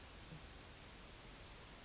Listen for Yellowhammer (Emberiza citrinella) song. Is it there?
no